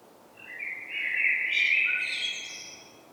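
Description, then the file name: Common blackbird singing one fluted, warbling phrase around mid pitch, rising into a thin, squeaky twitter at the end. "Turdus merula"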